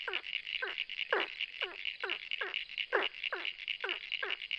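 Ornate burrowing frog giving quick descending notes, roughly two each second, some louder than others, with a constant shrill background chorus.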